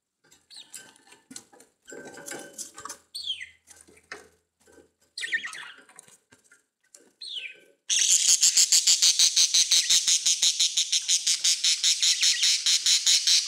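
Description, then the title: Budgerigar varied chatter and short chirps, then a loud fast pulsed squawking run that continues to the end. "Budgie Sounds"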